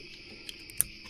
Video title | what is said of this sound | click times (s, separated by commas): Halogens or LEDs? How to replace the 2018-2023 F150 headlights with LEDs | These click right in. | 0.8 s